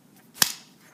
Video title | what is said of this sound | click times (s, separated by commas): Foundations Content - Introduction to Fitness Technology | and slide it in until it snaps the other thing that you'll notice is | 0.4 s